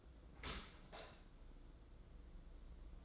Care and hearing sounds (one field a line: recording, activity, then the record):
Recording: daily activity, microphone in the room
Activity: open dishwasher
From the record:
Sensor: 3